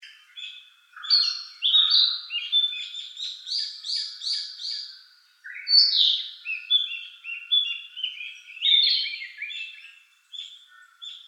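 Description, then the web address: Narcissus flycatcher song: bright, varied whistled and warbled phrases in quick bursts, with short pauses between them and a soft low chirp early on. Recorded on 8 June 2013. "birdenaga kibitaki 130608"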